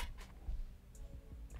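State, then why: Not seated. A Glock 43X MOS compact pistol fitted with a TLR-7 Sub weapon light is pushed into a Tier 1 Concealed Axis Elite appendix kydex IWB holster. Only faint, soft sliding scuffs are heard, with brief brushes near 0.9 s and 1.5 s over a low background rumble. No click sounds over the last half inch of insertion, so the pistol has not clicked into the holster, a miss put down to the kind of light fitted.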